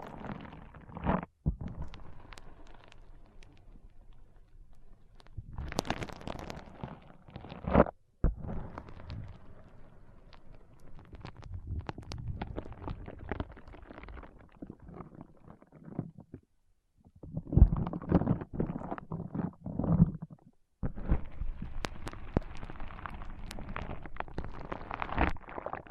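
Foam is squeezed and rubbed in a powerful massage, making dense, crackling, squishy rustles with a low rumbling undertone. The texture shifts constantly in irregular bursts, broken by short silences around 1, 8, 17 and 21 seconds, and the final stretch is busiest and brightest.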